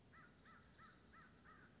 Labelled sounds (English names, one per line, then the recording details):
American Crow
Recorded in Sonoma County, California